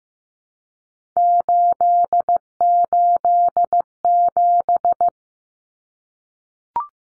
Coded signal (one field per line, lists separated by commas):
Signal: Morse code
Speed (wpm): 15 wpm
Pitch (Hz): 700 Hz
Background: none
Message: 887